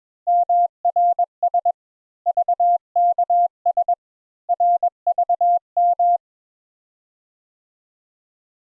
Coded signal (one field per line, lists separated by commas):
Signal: Morse code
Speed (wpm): 22 wpm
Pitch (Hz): 700 Hz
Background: none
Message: MRS VKS RVM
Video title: Morse Code Introductory Lesson 3 Letters U and V